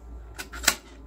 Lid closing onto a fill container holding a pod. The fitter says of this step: so it says close it till it clicks.